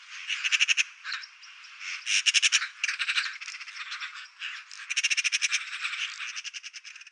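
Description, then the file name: Eurasian magpie chattering almost without pause, a long series of harsh, rasping rattles rising and falling in loudness. "Pie bavarde"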